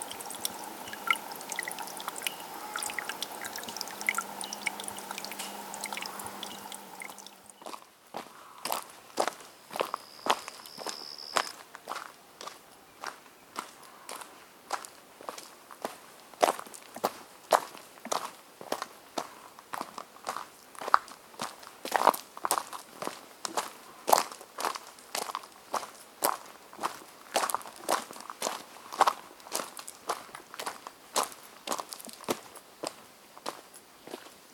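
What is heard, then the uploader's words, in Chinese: Footsteps crunch steadily over gravel on a forest trail, a quick regular stride from about eight seconds onward with sharp, bright scrapes. Before that, a softer rushing of flowing water and a low hum fill the first seconds, with a brief thin tone near eleven seconds. 宜蘭礁溪林美石磐步道。Tascam DR-40x。林美石磐步道健行沿途錄音，並且剪輯為六個片段。宜蘭林美石磐步道。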